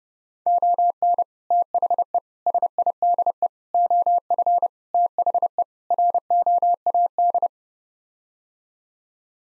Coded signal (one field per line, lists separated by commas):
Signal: Morse code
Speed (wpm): 30 wpm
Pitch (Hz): 700 Hz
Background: none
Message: ON THE SIDE OF THE ROAD